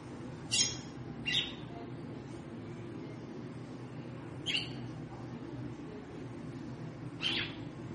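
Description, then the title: Red-cowled cardinal calls, four sharp high chirps spaced irregularly, the first two close together, against a constant low hum. Female bird, described as 'triculando' and 'batendo fogo', apparently calling to stimulate the male. "Canto Galo Campina Fêmea. Fêmea de GALO DE CAMPINA - TRICULANDO,BATENDO FOGO PRA ESQUENTAR O MACHO??"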